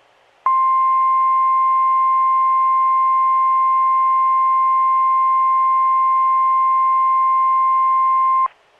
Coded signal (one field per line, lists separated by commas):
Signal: Emergency Alert System (SAME) tones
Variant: 1050 Hz attention tone